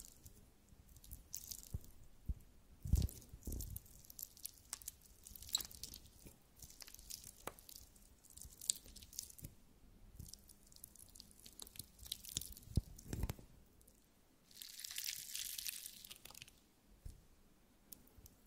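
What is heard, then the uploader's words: Jelly sounds: soft, wet squishes and sticky clicks come in irregular bursts, with sharper smacks near 3 and 13 seconds. Around 15 seconds a bright, hissing squelch lasts about a second, and a low hum stays faintly underneath throughout. ASMR Stress Relieving Jelly Sounds For Sleep.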